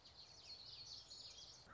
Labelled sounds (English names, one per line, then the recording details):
Common Yellowthroat
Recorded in Sonoma County, California